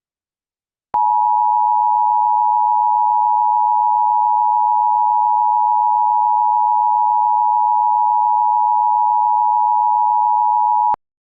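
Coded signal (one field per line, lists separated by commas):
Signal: Emergency Alert System (SAME) tones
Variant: 853 and 960 Hz attention tone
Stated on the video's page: EAS scenario mock, not a real alert.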